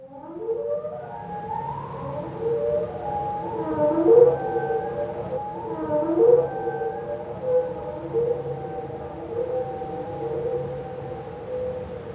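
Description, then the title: Humpback whale song: long moaning tones with stacked harmonics, gliding up and down and overlapping, swelling in a few louder pulses over a steady low rumble. A single humpback whale, slowed down. "Slowed down solo whale"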